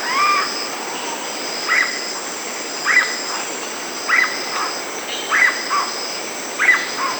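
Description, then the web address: Black-bellied cuckoo calling: short paired notes, a sharp higher note followed by a lower one, repeated about every 1.2 seconds over a constant high insect drone. South America. "Natures Songs S America Black-bellied Cuckoo"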